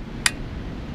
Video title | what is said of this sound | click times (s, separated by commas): Electra Loft Go! Review - $2.8k | we go you could kind of hear it click so now we know it's secure it's not going to be bouncing all around and | 0.3 s